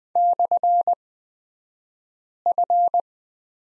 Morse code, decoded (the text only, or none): /F